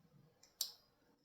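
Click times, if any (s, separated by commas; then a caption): 0.6 s. The second tiny coaxial antenna connector is pressed onto a laptop WiFi card with light pressure, so as not to flatten the connector or its tiny center needle. It snaps on with a sharp, bright click at 0.6 s, with fainter ticks around 0.4 s and 1.3 s. The connector is seated.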